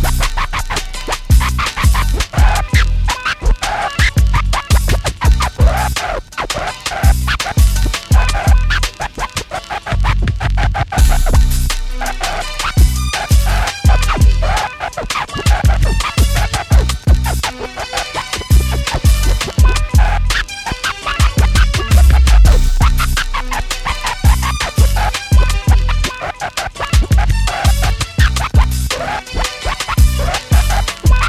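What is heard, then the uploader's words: A turntable scratch practice session: rapid, choppy scratches cut back and forth over a steady beat with a strong low kick. The scratching is dense and busy throughout, with quick bursts and stutters, and the level stays even for the whole stretch. A scratch practice session from back in 2002, using Stanton STR8-80 turntables and a SMX-251 mixer. I was practicing dicing with my off-hand.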